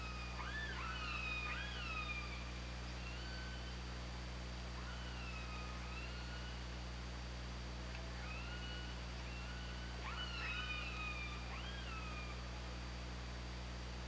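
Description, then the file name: Killer whale calls in two main clusters, sharply rising then falling harmonic tones, a few fainter calls between, over a persistent low drone. Recorded on the OrcaLab hydrophone, 24 August 2017 at 22:52. "Orca Lab 20170824 225201"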